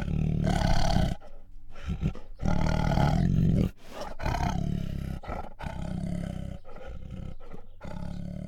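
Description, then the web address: Bengal tiger growls and snarls: low rasping rumbles with louder snarling bursts separated by brief gaps. Female, growling and snarling. "Sound Ideas Tigers Sound Effects"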